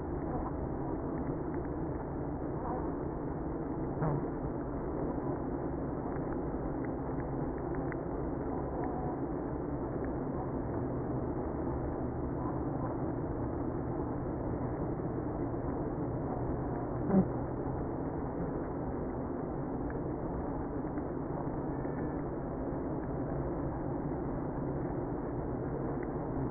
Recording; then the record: honeybee colony, microphone inside the hive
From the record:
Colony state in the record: queenless (queen removed); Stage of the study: after two queens were removed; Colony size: about 60,000 bees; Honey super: yes